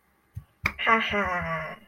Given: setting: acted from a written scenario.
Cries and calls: vocal sound without words; pride

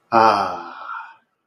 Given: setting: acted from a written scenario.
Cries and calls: vocal sound without words; contentment

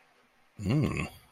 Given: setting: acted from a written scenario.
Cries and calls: vocal sound without words; desire

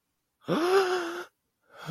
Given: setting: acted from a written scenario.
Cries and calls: vocal sound without words; fear

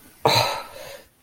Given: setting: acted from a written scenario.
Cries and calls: vocal sound without words; distress

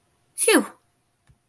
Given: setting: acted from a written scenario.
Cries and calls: vocal sound without words; relief

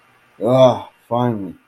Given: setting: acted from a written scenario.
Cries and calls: vocal sound without words; relief

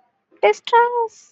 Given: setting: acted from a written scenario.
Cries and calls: vocal sound without words; distress

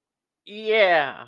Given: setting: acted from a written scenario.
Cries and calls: vocal sound without words; elation

